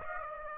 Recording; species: mosquito wingbeat signal from an infrared sensor; Aedes aegypti